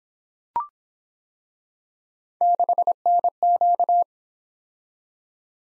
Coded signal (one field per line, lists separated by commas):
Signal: Morse code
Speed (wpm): 26 wpm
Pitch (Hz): 700 Hz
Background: none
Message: 6NQ